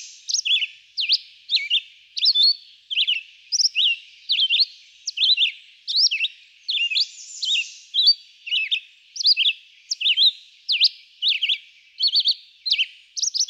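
Red-eyed vireo delivering a long, relentless series of short whistled phrases, sharply slurred up and down, more than one each second.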